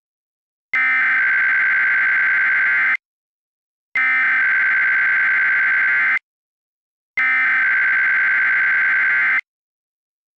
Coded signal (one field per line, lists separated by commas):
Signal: Emergency Alert System (SAME) tones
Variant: header bursts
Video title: [EAS Scenario] Scarce Occurence